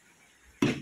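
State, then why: Seated. The upper platen of a heat press is lowered onto a shirt and logo transfer until its handle mechanism locks onto the lower platen. After quiet low-level background, a single sharp knock sounds at 0.6 s and decays quickly. The lid is locked down.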